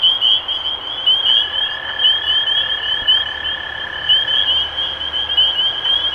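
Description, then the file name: Spring peeper chorus of shrill rising peeps, constant and overlapping, while a steady lower trill runs through the middle. Recorded 23 March 2012. "Peepers-2012-0323"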